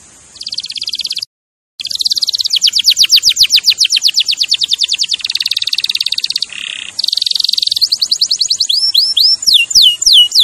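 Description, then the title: Canary pouring out a chain of high trills at changing speeds, broken once by a short gap, ending in quick sweeping notes. Champion canary song used as a master recording for training other birds. "Masteran Kenari Juara"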